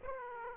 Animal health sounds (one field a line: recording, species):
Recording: mosquito wingbeat signal from an infrared sensor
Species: Aedes aegypti